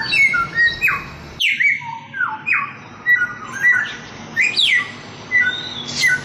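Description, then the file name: Chinese grosbeak song of loud descending slurs and crisp whistles in uneven phrases. Masteran song-training recording of Chinese grosbeak (samyong). "masteran samyong omkicau"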